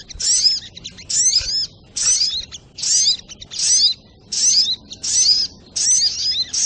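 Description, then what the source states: Little spiderhunter singing sharp, high chattering phrases with arched whistled notes, given as a series of short bursts with brief gaps. Training recording (masteran), labelled labaik.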